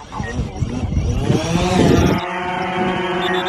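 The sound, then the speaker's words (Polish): A drone's motors whir as it lifts off after a button is pressed: a steady high-pitched motorized whir with rising tonal harmonics, like small rotors spinning up, loud and continuous, with a rougher, lower burst early on before it settles into an even buzz. “Nacisnąć tutaj ten przycisk, żeby się podniósł do góry i przesunąć palcem.”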